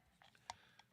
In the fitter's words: Ooh, that was a nice click right But there.